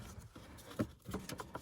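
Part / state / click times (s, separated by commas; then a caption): plastic cabin air filter access door into the HVAC housing behind the dash / not seated / none. A plastic cabin air filter access door is handled into place against the HVAC housing behind the dash after the cabin air filters go in, with its tab being lined up. Soft rustling and light plastic handling taps are heard, with sharper knocks near 0.8 s and 1.3 s. Nothing has seated or clicked yet.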